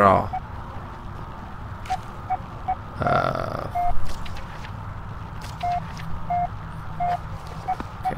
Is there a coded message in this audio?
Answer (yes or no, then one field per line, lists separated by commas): no